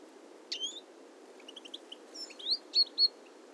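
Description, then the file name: European goldfinch giving high, twittering calls: an opening note, scattered soft chips, then sharper tinkling notes toward the end. "Carduelis carduelis"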